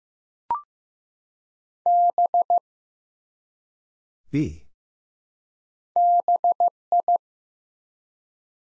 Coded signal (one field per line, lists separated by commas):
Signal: Morse code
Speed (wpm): 15 wpm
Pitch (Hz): 700 Hz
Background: none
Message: B BI